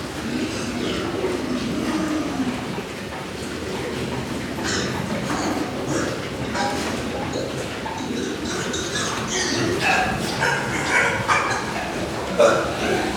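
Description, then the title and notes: Pigs squealing and grunting in scattered bursts throughout, over a steady farm-building hum and clatter. Ambient sound inside a pig farm at Mas Reig. "Mas Reig - Granja de cerdos. Mas Reig, cerdos. Ambiente en el interior de la granja"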